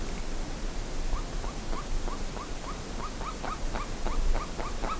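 Bird sounding a string of short repeated notes at a quick steady pace, partly veiled by heavy rumbling background noise.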